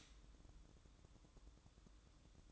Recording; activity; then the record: daily activity, microphone in the room; stop toaster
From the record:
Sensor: 3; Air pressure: 1007.2 hPa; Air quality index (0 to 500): 55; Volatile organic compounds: 1 ppm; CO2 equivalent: 596 ppm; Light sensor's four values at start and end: 8/18/7/7 and 8/18/7/7